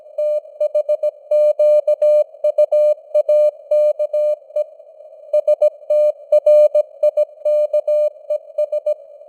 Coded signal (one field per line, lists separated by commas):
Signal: Morse code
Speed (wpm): 17 wpm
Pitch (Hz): 600 Hz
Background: none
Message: THQUAKE STRIKES